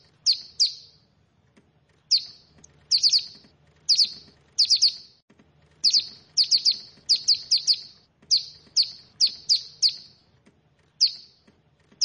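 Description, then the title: Bar-winged prinia delivering high, clipped chirps singly, in quick pairs and in short runs, with brief gaps between the bursts. "Ciblek Sawah"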